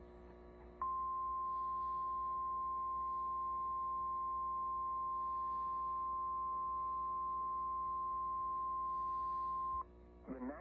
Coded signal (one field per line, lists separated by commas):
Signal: Emergency Alert System (SAME) tones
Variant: 1050 Hz attention tone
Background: speech